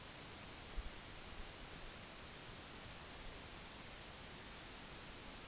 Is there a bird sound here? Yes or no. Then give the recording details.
no. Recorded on Arctic tundra, site NAIT-1, on 25 June 2019. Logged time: 10:00